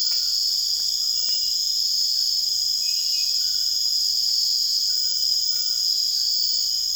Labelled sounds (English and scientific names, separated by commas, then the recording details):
none
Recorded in secondary vegetation near Puerto Asís, Putumayo, Colombia, on 30 June 2025 at 22:00
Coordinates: 0.485, -76.322
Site GP06